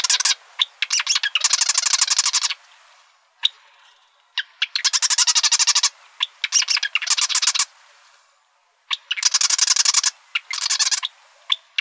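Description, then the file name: Marsh wren sputtering through repeated buzzy rattles, fast chattering bursts broken by brief gaps and a few isolated ticks. Arizona, 4 July 2003. "MAWR 3 deviche"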